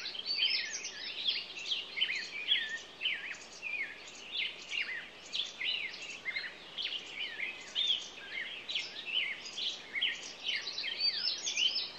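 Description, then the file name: Songbirds singing in a lively chorus of rapid high chirps and short warbled phrases, bursts coming every fraction of a second. Morning songbirds. "Echoes Of Nature-Morning Songbirds"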